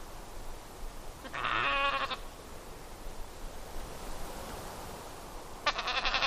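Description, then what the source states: Dall sheep bleating, one rough, buzzy call early on and a second starting at the very end, with steady background hiss throughout. Recorded in Denali, Alaska, on 6 July 2011 at 06:48.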